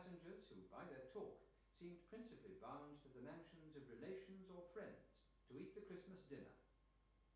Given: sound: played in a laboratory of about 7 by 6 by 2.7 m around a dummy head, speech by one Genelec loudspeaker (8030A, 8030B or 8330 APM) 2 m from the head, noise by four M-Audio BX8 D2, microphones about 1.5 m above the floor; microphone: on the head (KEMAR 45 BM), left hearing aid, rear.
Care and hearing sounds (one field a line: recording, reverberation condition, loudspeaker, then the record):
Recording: male speech in English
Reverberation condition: medium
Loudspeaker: 60 degrees to the right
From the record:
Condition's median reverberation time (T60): about 510 ms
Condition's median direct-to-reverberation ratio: about -0.5 dB